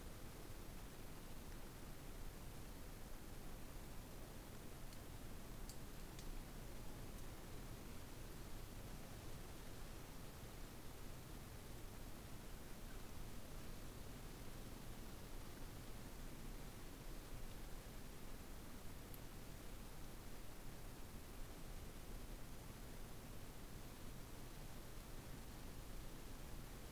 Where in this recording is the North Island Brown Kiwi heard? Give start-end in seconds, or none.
none